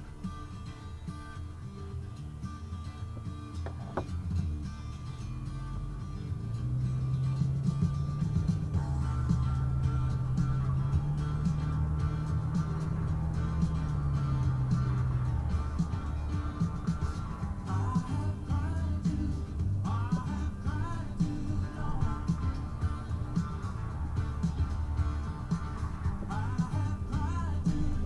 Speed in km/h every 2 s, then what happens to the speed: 0, 3, 10, 16, 21, 24, 31, 32, 26, 24, 21, 21, 18, 16.
0-13 pulls away to 32. 13-19 slows to 21. 19-28 steady at about 18.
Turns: 14-21.